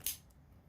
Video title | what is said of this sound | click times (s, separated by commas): Unboxing the Kershaw Launch 13 | hear that snap something about the larger cursor maybe this is the difference the larger kershaw knives | 0.1 s